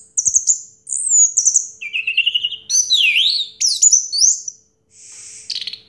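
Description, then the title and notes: Orange-headed thrush song of high trilled phrases, looping whistles and a buzzy swept note, broken by short pauses. Anis merah song in the 'teler' style, with a clear voice. "Anis Merah Teler Suara Jernih. suara anis merah"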